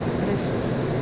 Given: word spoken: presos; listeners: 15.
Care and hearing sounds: one Spanish word in noise, from a listening test; speech-shaped noise; -6.5 dB; 2 of 15; 12 of 15; 0.63 s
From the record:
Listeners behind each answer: 12, 2, 1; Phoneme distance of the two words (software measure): 17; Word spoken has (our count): 2 syllables, 6 phonemes, stress on syllable 1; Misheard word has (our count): 2 syllables, 5 phonemes, stress on syllable 1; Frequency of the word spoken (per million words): 34.42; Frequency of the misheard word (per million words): 10.50

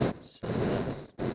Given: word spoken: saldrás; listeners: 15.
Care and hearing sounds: one Spanish word in noise, from a listening test; noise modulated by one talker; -8.9 dB; 1 of 15; 6 of 15; 0.94 s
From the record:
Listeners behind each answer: 6, 2, 1, 1, 1, 1, 1, 1, 1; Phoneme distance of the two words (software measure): 17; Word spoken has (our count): 2 syllables, 7 phonemes, stress on syllable 2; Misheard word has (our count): 2 syllables, 6 phonemes, stress on syllable 2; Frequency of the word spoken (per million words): 0.62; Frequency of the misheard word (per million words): 3.40

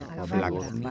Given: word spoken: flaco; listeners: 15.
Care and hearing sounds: one Spanish word in noise, from a listening test; four-talker babble; -1.6 dB; 3 of 15; 7 of 15; 0.51 s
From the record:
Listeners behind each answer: 7, 3, 1, 1, 1, 1, 1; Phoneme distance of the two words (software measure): 7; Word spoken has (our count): 2 syllables, 5 phonemes, stress on syllable 1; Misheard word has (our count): 2 syllables, 6 phonemes, stress on syllable 1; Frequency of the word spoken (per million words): 8.60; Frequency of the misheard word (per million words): 1.29

